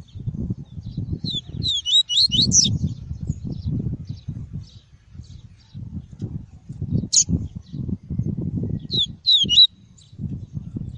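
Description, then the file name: Double-collared seedeater song: short bursts of quick, high twittering phrases separated by pauses, over low rumbling noise. "Tui-tui" song variety. "canto do papa capim tui tui"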